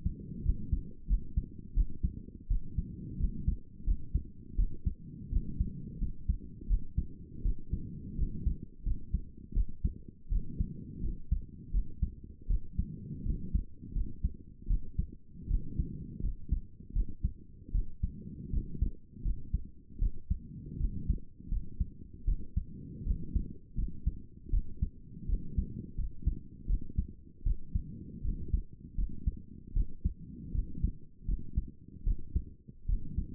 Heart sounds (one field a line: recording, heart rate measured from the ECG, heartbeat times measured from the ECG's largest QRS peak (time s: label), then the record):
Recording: heart sounds by stethoscope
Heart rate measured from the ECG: 81 bpm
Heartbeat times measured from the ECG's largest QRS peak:
0.43 s: heartbeat
1.07 s: heartbeat
1.74 s: heartbeat
2.48 s: heartbeat
3.17 s: heartbeat
3.84 s: heartbeat
4.56 s: heartbeat
5.30 s: heartbeat
5.98 s: heartbeat
6.67 s: heartbeat
7.42 s: heartbeat
8.16 s: heartbeat
8.83 s: heartbeat
9.53 s: heartbeat
10.29 s: heartbeat
11.01 s: heartbeat
11.71 s: heartbeat
12.47 s: heartbeat
13.23 s: heartbeat
13.93 s: heartbeat
14.67 s: heartbeat
15.48 s: heartbeat
16.20 s: heartbeat
16.93 s: heartbeat
17.72 s: heartbeat
18.50 s: heartbeat
19.22 s: heartbeat
19.99 s: heartbeat
20.77 s: heartbeat
21.48 s: heartbeat
22.25 s: heartbeat
23.04 s: heartbeat
23.75 s: heartbeat
24.50 s: heartbeat
25.26 s: heartbeat
25.95 s: heartbeat
26.66 s: heartbeat
27.43 s: heartbeat
28.22 s: heartbeat
28.95 s: heartbeat
29.73 s: heartbeat
30.52 s: heartbeat
31.25 s: heartbeat
32.04 s: heartbeat
32.86 s: heartbeat
From the record:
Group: healthy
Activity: rest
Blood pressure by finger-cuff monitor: 164/87 mmHg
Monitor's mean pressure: 107 mmHg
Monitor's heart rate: 82 bpm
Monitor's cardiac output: 7.3 L/min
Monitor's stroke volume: 89 mL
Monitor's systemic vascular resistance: 1100 dyn s/cm5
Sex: female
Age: 22 years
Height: 154 cm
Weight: 58.7 kg